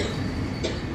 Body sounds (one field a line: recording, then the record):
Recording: coughing mixed with background sound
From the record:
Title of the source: female coughing - coughing sound effects girl